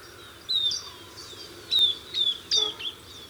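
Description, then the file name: Southern beardless tyrannulet giving a few thin, high whistles that fall slightly in pitch, with a short sharp click partway and soft hiss behind. "Camptostoma obsoletum - Southern Beardless Tyrannulet"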